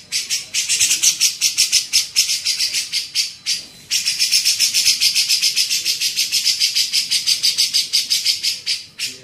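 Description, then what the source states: Grey-cheeked bulbul chattering in a long, fast series of rasping notes, broken once by a brief pause, with a thin whistle-like tone in the background. Masteran tutoring song for training songbirds.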